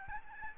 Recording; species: mosquito wingbeat signal from an infrared sensor; Aedes albopictus